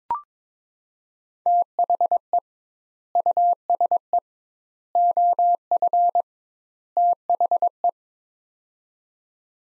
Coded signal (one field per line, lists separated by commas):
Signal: Morse code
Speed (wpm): 21 wpm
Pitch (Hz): 700 Hz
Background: none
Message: THE USE OF THE